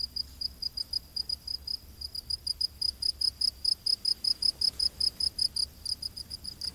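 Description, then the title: Crickets chirping in a steady high-pitched pulsed rhythm, several chirps a second, over a low background hum. Crickets calling in a humid rainforest at night. "Crickets of the Rainforest"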